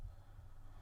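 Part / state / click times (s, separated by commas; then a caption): plastic toy window glass into window frame / not seated / none. A clear plastic glass piece is handled against a small white plastic window frame from a toy brick set, ready to be pressed in. Only a quiet, steady low rumble and faint background hiss are heard, with no distinct click. Nothing has seated or clicked yet.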